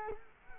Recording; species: mosquito wingbeat signal from an infrared sensor; Culex quinquefasciatus